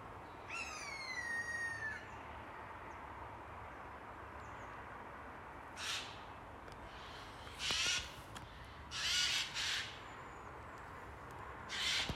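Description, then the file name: Eurasian jay calling: one clear whistled mewing note that slides downward, then several harsh, rasping screeches at irregular intervals over steady background hiss. "Garrulus glandarius"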